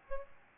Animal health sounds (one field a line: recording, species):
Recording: mosquito wingbeat signal from an infrared sensor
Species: Aedes albopictus